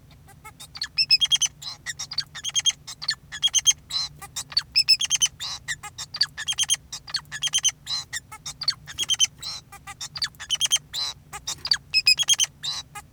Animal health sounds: song of a male Bengalese finch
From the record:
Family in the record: son of father 2, and himself father 4

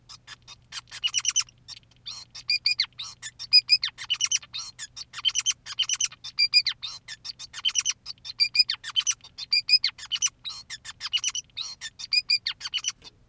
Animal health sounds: song of a male Bengalese finch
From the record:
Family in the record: son of father 2, and himself father 5

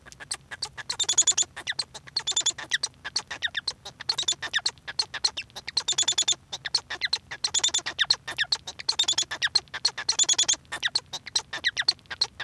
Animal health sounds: song of a male Bengalese finch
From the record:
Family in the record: son of father 1

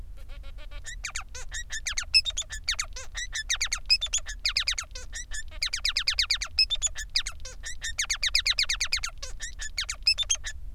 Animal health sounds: song of a male Bengalese finch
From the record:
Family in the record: son of father 3

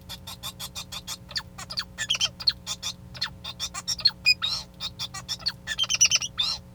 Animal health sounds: song of a male Bengalese finch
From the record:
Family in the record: son of father 2

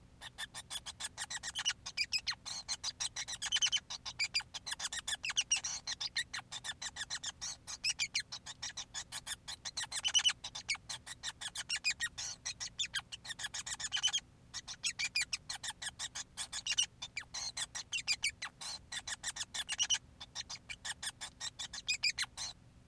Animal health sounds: song of a male Bengalese finch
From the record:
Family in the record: son of father 5

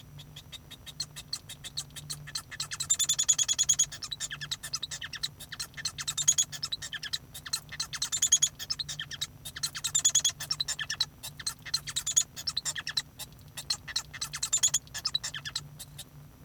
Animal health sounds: song of a male Bengalese finch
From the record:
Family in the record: son of father 1

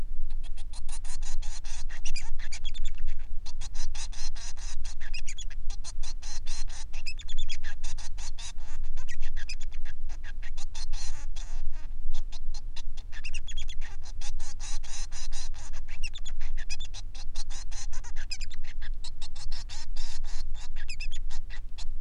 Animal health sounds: song of a male Bengalese finch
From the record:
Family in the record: son of father 3

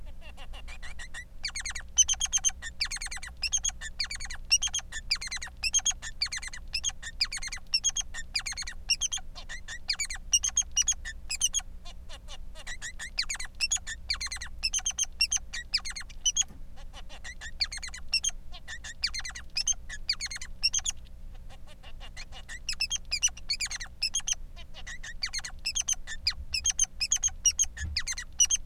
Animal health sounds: song of a male Bengalese finch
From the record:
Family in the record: son of father 3

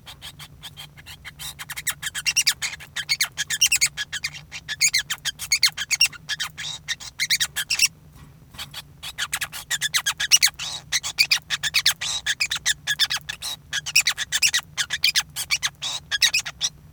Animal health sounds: song of a male Bengalese finch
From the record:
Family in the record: son of father 5

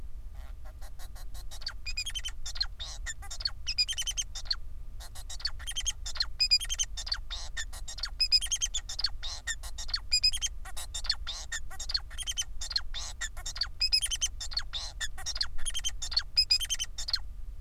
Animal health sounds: song of a male Bengalese finch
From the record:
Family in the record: son of father 4

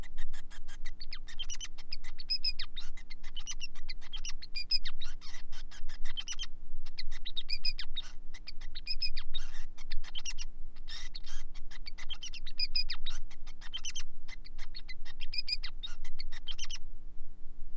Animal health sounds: song of a male Bengalese finch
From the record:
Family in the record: son of father 5

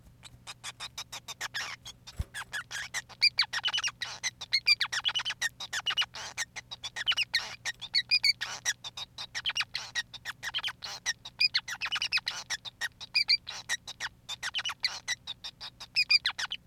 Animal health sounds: song of a male Bengalese finch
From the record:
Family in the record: son of father 5

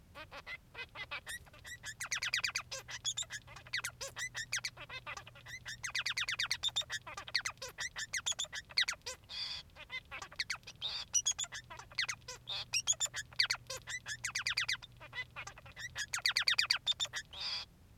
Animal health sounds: song of a male Bengalese finch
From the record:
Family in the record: son of father 3

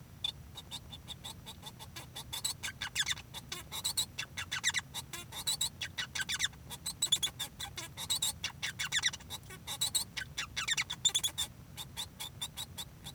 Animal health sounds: song of a male Bengalese finch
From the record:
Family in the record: son of father 1

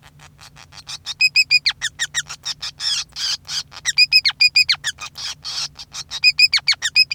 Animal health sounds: song of a male Bengalese finch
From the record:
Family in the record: son of father 5

